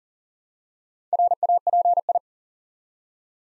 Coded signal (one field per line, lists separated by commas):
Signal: Morse code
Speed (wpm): 41 wpm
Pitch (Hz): 700 Hz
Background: none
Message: RAPI